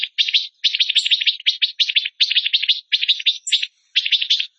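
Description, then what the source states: Bird song made of rapid harsh chattering bursts, closely packed buzzy notes in quick groups, with a couple of brief high squeaks, background silent. Masteran tutor song of a bird singing gacor (energetically) in tembakan style, Indonesia.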